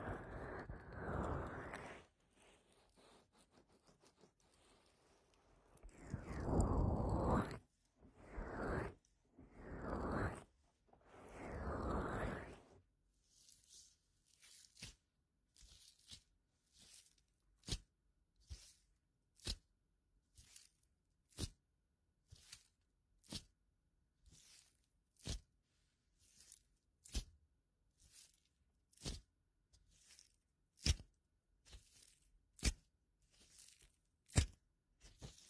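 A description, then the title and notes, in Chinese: Ear-cleaning massage sounds: for the first thirteen seconds, soft rubbing and rustling swells come and go in a few long passes. After that, short sharp crackling taps repeat roughly every second with silence between them, steady to the end. 采耳按摩。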